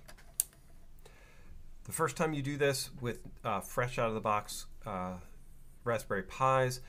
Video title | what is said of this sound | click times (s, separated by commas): K3s first - Kubernetes Raspberry Pi Cluster [EdgeLab.Digital] | hear me clicking them in on the background the | 0.4 s